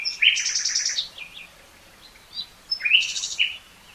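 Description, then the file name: Common nightingale giving two brief, loud phrases of harsh rattling notes and quick chirps, separated by a pause, over a faint background hiss. "Luscinia megarhynchos"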